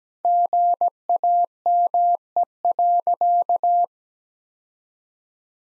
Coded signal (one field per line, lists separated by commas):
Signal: Morse code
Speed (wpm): 17 wpm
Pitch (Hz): 700 Hz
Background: none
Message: GAME.